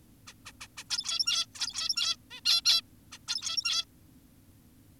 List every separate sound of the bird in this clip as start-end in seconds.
0.27-0.34, 0.46-0.52, 0.61-0.68, 0.78-0.84, 0.90-1.46, 1.55-2.16, 2.31-2.41, 2.46-2.62, 2.65-2.82, 3.12-3.18, 3.28-3.85